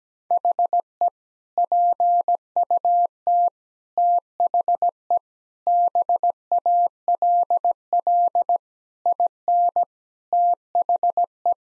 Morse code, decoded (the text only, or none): HE PUT THE BALL IN THE